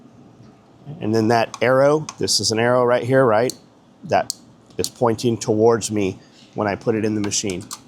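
Someone talks while handling a bobbin case, with its thread under the tension spring and its arrow pointing toward them, to go into a sewing machine's bobbin area and hook assembly. The clip ends before the case goes home, so nothing has seated or clicked yet.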